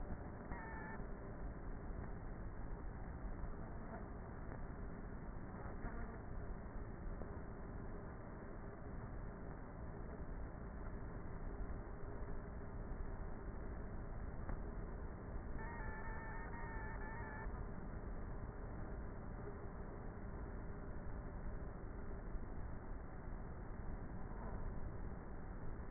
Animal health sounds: honeybee colony, microphone inside the hive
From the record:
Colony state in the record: queenless with a low population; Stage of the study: before two queens were removed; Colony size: about 30,000 bees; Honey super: no

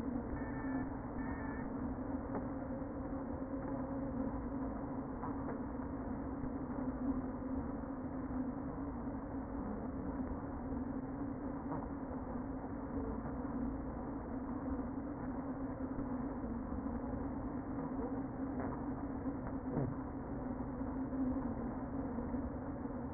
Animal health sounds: honeybee colony, microphone inside the hive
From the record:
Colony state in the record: queen present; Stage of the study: before two queens were removed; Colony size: about 60,000 bees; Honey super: yes

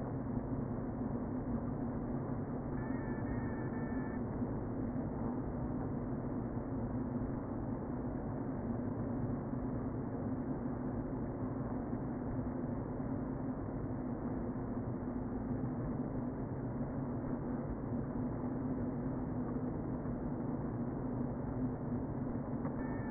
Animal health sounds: honeybee colony, microphone inside the hive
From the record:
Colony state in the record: queen present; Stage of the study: before two queens were removed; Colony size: about 60,000 bees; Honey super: yes

